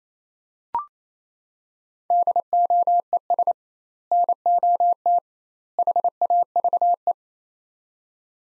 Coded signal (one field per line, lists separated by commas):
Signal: Morse code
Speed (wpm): 28 wpm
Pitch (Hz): 700 Hz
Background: none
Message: DOES NOT HAVE